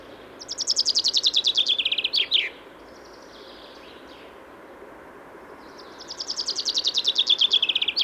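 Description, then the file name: Common chaffinch song given twice: a fast trill of descending notes ending in an abrupt flourish, then a few seconds of quiet hiss before the song starts again. "Fringilla coelebs"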